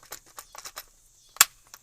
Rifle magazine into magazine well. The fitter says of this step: see what kind we've got the ten rounds on an open bolt hear the click